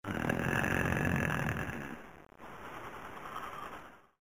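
A single snore cycle: a loud, rough, fluttering breath lasting about two seconds, then a short pause and a softer, breathy second phase that fades out. The rattling quality comes from the soft tissues of the throat vibrating during sleep.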